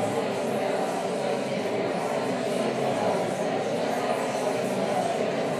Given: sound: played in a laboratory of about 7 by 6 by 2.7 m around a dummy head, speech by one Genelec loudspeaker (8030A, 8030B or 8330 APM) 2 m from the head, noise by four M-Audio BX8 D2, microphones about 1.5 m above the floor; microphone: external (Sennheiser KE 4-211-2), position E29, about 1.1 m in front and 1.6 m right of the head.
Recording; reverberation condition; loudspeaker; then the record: babble noise; high; four, about 170 cm from the corners of the room and facing them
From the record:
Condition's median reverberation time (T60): about 1300 ms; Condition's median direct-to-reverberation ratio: about -4.0 dB